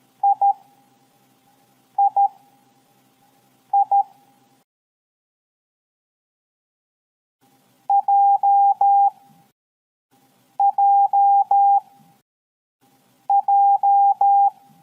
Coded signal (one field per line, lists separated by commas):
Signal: Morse code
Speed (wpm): 13 wpm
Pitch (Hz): 800 Hz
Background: none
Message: III JJJ